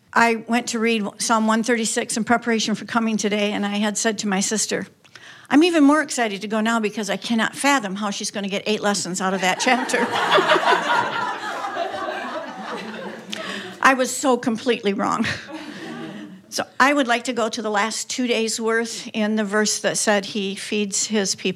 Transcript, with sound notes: I went to read Psalm 136 in preparation for coming today, and I had said to my sister, “I’m even more excited to go now because I cannot fathom how she’s going to get eight lessons out of that chapter.” (laughter) I was so completely wrong. So I would like to go to the last two days’ worth and the verse that says, “He feeds His people.”